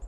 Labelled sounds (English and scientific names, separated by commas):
Hermit Warbler (Setophaga occidentalis) flight call